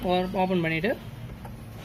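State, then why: Seated. Someone talks briefly as the plastic top cover of a TSC 244 Pro barcode label printer, turned off and opened, is closed and locked properly onto the printer body so the error light clears. A faint click is heard at 1.5 s as the cover latches shut and is seated.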